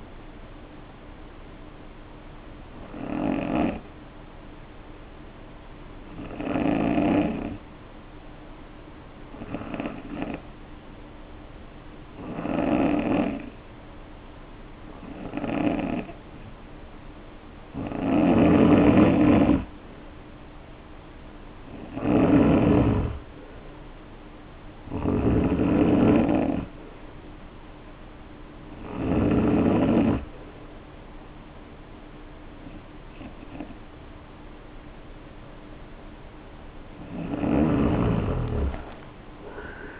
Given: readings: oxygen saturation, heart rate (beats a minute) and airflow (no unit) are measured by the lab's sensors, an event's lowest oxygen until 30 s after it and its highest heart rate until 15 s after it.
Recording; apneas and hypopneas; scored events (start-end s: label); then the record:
breathing in sleep by a voice recorder at the bedside; 1
3.00-18.30 s: hypopnea (N3, oxygen 92% highest, then 87% lowest, heart rate 57 at the start, 64 highest)
From the record:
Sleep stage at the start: N3 (deep sleep); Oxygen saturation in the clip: 88 to 92%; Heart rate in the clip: 54 to 64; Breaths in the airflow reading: 10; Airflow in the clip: -4.1 to 5.4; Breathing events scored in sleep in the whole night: 520 in 7.2 hours asleep